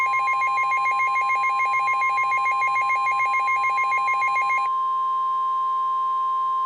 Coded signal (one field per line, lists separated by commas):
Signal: Emergency Alert System (SAME) tones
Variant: 1050 Hz attention tone